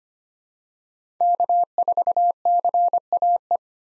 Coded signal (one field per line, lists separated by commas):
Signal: Morse code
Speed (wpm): 25 wpm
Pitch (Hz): 700 Hz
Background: none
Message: K4CAE